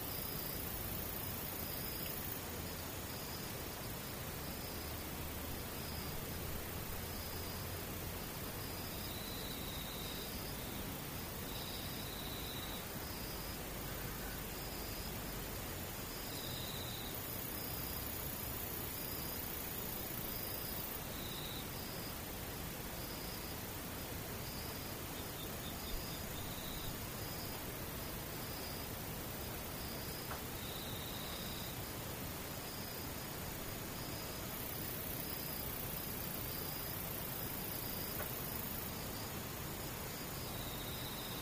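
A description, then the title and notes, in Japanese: Near-silence with insects far off: a steady, even hiss fills the whole recording. Faint, regular insect chirring repeats throughout at a high pitch, with brief, very high shimmering passes near the start, around 17–21 seconds, and again near 35 seconds. 無音遠くにムシ。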